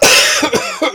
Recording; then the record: coughing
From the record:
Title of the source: Dry Afternoon Cough